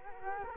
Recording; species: mosquito wingbeat signal from an infrared sensor; Culex quinquefasciatus